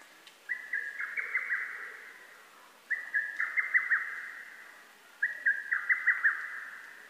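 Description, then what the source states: Lesser cuckoo singing: three clear staccato, stuttering phrases around mid-high pitch, repeated roughly every two and a half seconds. Recorded 12 June 2010.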